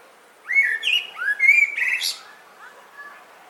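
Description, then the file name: Common blackbird song: a sweet fluted warble of several rising notes that breaks into a brief high, scratchy twitter, then fades. "Turdus merula"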